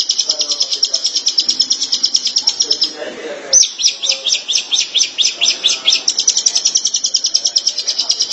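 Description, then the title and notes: Long-tailed shrike song: a fast high trill, a short break with a rough lower sound, then slower spaced chirps that speed up into another quick trill. March 2017. "Pentet 201703. Suara burung pentet"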